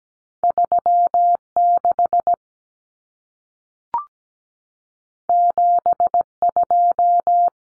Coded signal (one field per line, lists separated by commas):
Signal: Morse code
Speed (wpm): 17 wpm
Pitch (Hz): 700 Hz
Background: none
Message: 36 72